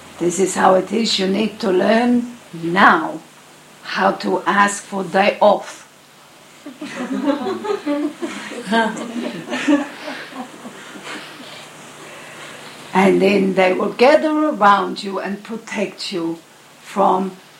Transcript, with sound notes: This is how it is you need to learn now how to ask for 'day off'. (Laughter) And then they will gather around you and protect you from